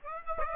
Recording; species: mosquito wingbeat signal from an infrared sensor; Aedes aegypti